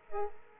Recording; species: mosquito wingbeat signal from an infrared sensor; Culex pipiens